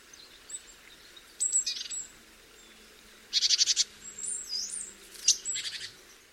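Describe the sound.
Great tit calls: high notes and slurred whistles mixed with several buzzy, rattling churrs over a low background hiss.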